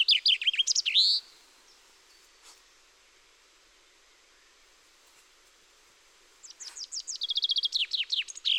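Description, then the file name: Common chaffinch song: the end of one phrase, several seconds of near silence, then a new quick run of rattling notes starts up. "Fringilla coelebs"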